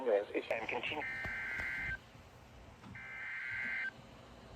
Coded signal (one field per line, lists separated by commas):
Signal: Emergency Alert System (SAME) tones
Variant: header bursts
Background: speech